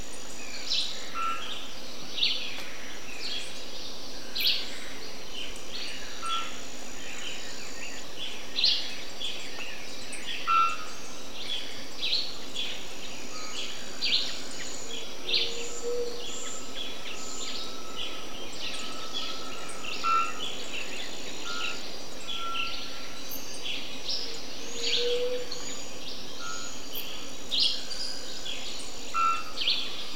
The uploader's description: bellbirds, oropendola , white throated capuchin, resplendent quetzal, sunbittern and falcons are heard through the wet jungle